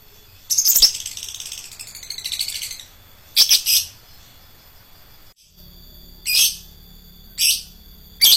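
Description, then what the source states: Lovebird chattering in high, harsh bursts: a long scratchy phrase, then several short clipped notes, over a faint steady high-pitched hum. Adult lovebird of the fighter type.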